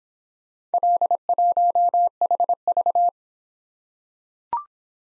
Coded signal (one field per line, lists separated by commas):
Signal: Morse code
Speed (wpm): 24 wpm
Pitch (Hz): 700 Hz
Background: none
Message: L1HV